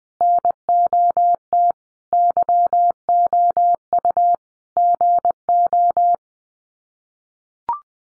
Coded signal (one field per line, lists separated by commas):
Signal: Morse code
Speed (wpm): 20 wpm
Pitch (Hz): 700 Hz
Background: none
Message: NOT YOU GO